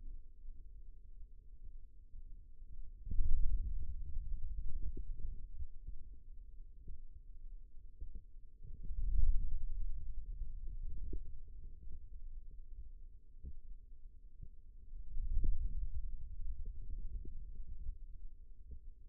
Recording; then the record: forearm muscle sounds (acoustic myography)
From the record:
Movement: hand closing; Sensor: system 2, bracelet of six BSWA MPA416 microphones around the upper forearm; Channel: 3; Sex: male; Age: 22 years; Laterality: right